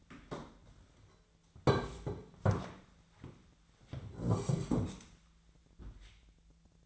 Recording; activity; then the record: daily activity, microphone in the room; sit down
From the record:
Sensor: 3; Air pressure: 1008.2 hPa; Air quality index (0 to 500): 193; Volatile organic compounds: 14 ppm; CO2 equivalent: 2475 ppm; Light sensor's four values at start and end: 14/34/14/14 and 14/34/14/15